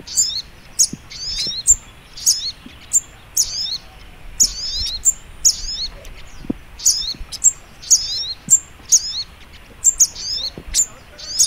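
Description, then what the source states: Little Spiderhunter song: shrill high chips mixed with rapid downward twittering, phrases repeated continuously, faint low background. Masteran (training) recording; song style called Labaik.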